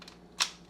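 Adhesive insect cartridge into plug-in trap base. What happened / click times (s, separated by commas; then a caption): The plastic cartridge clicked back into place / 0.4 s. The plastic adhesive cartridge of a Zevo plug-in flying insect trap, pulled up to turn the light off without unplugging, is settled back down into the trap's base. After a couple of faint ticks near the start, one sharp, loud click at 0.4 s shows the cartridge has seated back into place.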